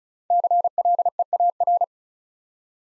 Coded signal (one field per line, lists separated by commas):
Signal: Morse code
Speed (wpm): 36 wpm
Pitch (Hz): 700 Hz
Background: none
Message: CLEAR